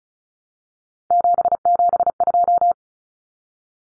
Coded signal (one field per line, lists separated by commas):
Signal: Morse code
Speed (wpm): 34 wpm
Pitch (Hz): 700 Hz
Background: none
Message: 772